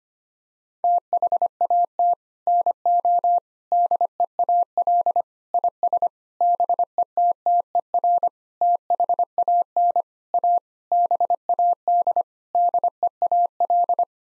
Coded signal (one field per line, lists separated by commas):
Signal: Morse code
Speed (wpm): 25 wpm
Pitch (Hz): 700 Hz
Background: none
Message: THAT NO DEAL IS BETTER THAN A BAD DEAL